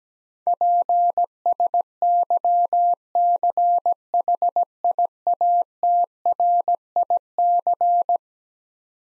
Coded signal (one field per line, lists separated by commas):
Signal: Morse code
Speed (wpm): 17 wpm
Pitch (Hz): 700 Hz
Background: none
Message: PSYCHIATRIC